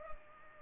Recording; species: mosquito wingbeat signal from an infrared sensor; Culex pipiens